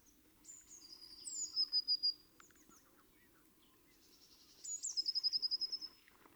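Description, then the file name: Eurasian blue tit song: two high trilled phrases about three seconds apart, each opening with thin notes and ending in a rapid run of repeated notes, with other faint bird chirps. "Cyanistes caeruleus"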